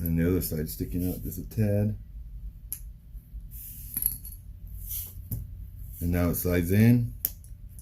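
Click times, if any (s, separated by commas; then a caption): none. Someone talks while pushing the tabbed stainless steel pin of the original bracelet into the lugs on the second side of an Invicta watch case. Small sharp metallic ticks and taps are heard as the pin slides in. Nothing has seated or clicked home yet.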